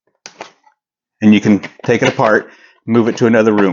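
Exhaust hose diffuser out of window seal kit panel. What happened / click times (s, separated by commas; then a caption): The plastic clip let go and the part came free / 0.3 s. The plastic exhaust hose diffuser of a 10000 BTU (ASHRAE) / 6300 BTU (SACC) portable AC unit is unclipped and pulled out of its window seal kit panel so it can be moved to another room, giving a sharp release click at 0.3 s with a few faint rattles after. The diffuser comes free as easily as it went in, and then someone talks.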